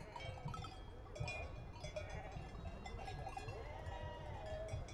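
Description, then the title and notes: Sheep flock bleating continuously, many quavering calls overlapping over a heavy low rumble. Large flock, lambs included, prepared for transhumance from Valle di Scalve to the Mantua plain and loaded onto trucks; Vilminore, 5 September 2009. "Transumanza a Vilminore. Transumanza, Vilminore 5 settembre 2009 Un grosso gregge viene preparato per essere trasferito dalla Valle di Scalve alla pianura Mantovana"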